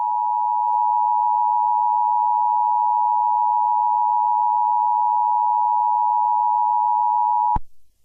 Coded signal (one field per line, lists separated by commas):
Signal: Emergency Alert System (SAME) tones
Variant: 853 and 960 Hz attention tone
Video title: Nuclear Attack on the United States - WW3 EAS Mock